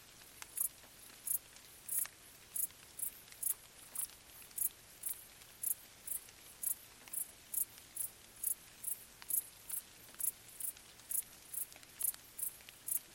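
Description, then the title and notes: Cricket chirping steadily, high bursts throughout, over gentle rain dripping and ticking on leaves. Several crickets stridulating late on a summer night in gentle rain falling on vegetation, along an abandoned railway track in Bad Boll, Baden-Württemberg, nearby village silent. "Crickets in gentle summer rain. crickets stridulating late at night whilst gentle summer rain falls on the surrounding vegetation. abandoned railway track in Bad Boll, Baden-Württemberg. Colin Hunter. Music for Sleep"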